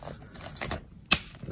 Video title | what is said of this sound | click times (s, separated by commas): Dyson DC14 All Floors (2009) Bagless Upright Vacuum Cleaner - Overview & Demonstration | that just clicks back in place | 1.1 s